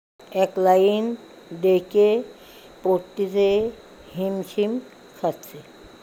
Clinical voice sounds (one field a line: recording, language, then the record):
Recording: elicited speech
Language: Bengali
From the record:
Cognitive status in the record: dementia